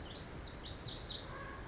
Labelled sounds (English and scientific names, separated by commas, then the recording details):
Pacific Wren (Troglodytes pacificus)
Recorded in Sonoma County, California